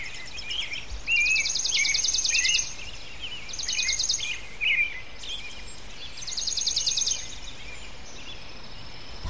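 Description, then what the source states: Small birds chirp in quick short notes while a high buzzy pulsed trill comes in several bursts, over steady background noise. Recorded in a residential area of Port Perry.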